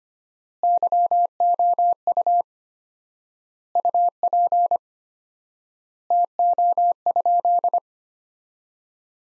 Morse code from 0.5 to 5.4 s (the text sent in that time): YOU UP